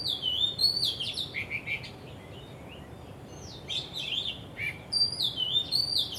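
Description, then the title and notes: Bird song: high, sliding twittered phrases at the start and again toward the end, quieter in between, over a faint background hiss. Birds singing vigorously at Wu Kai Sha, Hong Kong, on 15 December 2006, recorded with AKG condenser microphones in XY stereo. "香港 烏溪沙 雀鳥勁唱歌 Date: 15 December 2006"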